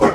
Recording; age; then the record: pig call; growing-finishing pig (85 days or more)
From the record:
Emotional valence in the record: positive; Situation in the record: run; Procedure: transit